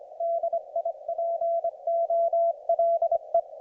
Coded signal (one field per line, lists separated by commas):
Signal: Morse code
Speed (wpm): 22 wpm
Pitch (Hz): 690 Hz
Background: none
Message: DIPOLE